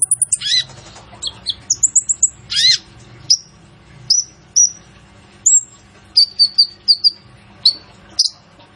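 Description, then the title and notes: Purple-throated sunbird song: a rapid opening trill, a few downslurred squeaky notes, then spaced thin, high whistles. Training recording (masteran) for songbirds, full of fill phrases (isian) and bursts (tembakan), meant to draw out song from other birds; described as an actively singing bird (gacor). "MASTERAN KOLIBRI NINJA FULL ISIAN DAN TEMBAKAN COCOK BUAT PANCINGAN. Suara Burung Kolibri Ninja Gacor"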